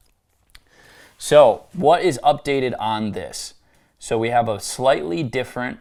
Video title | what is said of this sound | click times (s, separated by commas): UV SLIDER 2 UNBOXING (THE FULL LINEUP) | Quick break. It slides right in. Clicks into place. | 0.5 s